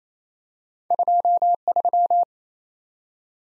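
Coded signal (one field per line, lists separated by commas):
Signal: Morse code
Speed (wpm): 28 wpm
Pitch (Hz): 700 Hz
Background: none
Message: 23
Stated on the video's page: Head-copy drill of random two-character letter and number combinations sent at 28 wpm.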